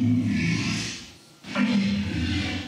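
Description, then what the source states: Walrus bellowing: two rough, low growling bursts with a short gap between them, and a hissing high-pitched layer over the top. Low-frequency walrus sound, played as an example; it was mixed with other animal sounds to create a film dinosaur's calls.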